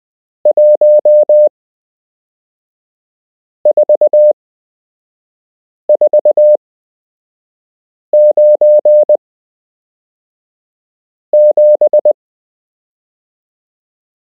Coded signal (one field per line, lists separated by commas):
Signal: Morse code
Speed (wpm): 20 wpm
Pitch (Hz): 600 Hz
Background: none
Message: 14497